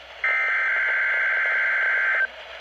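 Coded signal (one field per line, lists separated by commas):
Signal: Emergency Alert System (SAME) tones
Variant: header bursts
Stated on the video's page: Partial NOAA Weather Radio weekly test from Mount Holly, sent too early.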